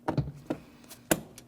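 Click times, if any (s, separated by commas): 1.1 s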